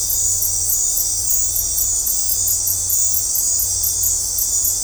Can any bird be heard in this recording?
no